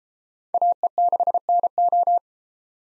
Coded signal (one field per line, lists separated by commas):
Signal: Morse code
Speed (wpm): 31 wpm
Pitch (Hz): 700 Hz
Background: none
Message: AE6NO